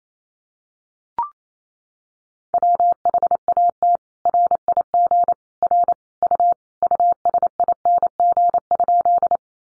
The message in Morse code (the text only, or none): WHAT RIG R U USING?